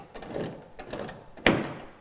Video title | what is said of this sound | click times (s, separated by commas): Porsche GT1 User's Guide | and then you'll hear it click about 13 half turns | 1.5 s